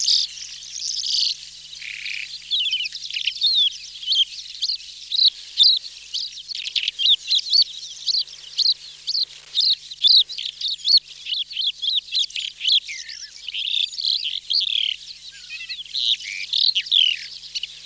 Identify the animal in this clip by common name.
Calandra Lark